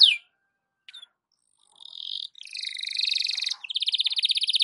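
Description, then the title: Belgian canary giving a couple of sharp chips separated by near silence, then launching into dense buzzy rolls and a fast pulsing trill. Belgian canary morning song, used to warm up a canary and described as suited for masteran (tutoring). "Canto Para Esquentar Canário Belga. SUARA BURUNG KENARI DI PAGI HARI COCOK BUAT MASTERAN"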